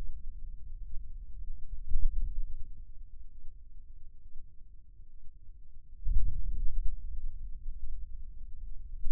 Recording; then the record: forearm muscle sounds (acoustic myography)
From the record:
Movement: hand closing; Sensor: system 2, bracelet of six BSWA MPA416 microphones around the upper forearm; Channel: 5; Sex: male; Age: 22 years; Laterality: right